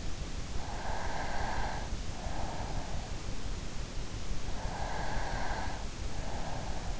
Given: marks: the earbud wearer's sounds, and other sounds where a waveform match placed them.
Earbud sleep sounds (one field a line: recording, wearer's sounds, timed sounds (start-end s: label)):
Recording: sounds in sleep by an in-ear microphone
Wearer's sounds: breath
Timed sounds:
0.78-3.24 s: breath
4.61-7.00 s: breath